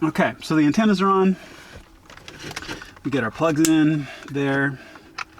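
A plastic wiring harness plug is handled at the back of a new AvinUSA 9-inch Android head-unit display being installed in a Mercedes ML350. Someone talks, and a few brief sharp handling ticks are heard between the speech. Nothing has seated or clicked yet.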